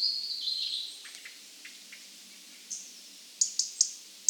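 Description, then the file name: European robin song, a thin high whistled phrase drawn out for about a second, then faint scattered notes and several sharp high ticks toward the end. "Erithacus rubecula"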